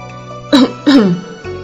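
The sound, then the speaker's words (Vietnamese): Two short, dry, voiced coughs, like a deliberate throat-clearing 'ahem', the second slightly longer and dropping in pitch, over a faint steady background hum; the character Tự Ảnh coughing in a narrated story. “Lúc này Tự Ảnh ho khan một tiếng”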